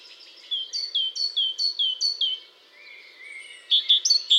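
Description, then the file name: Great tit, a series of repeated paired falling notes, a softer lower phrase, then sharp loud notes at the end. "Parus major"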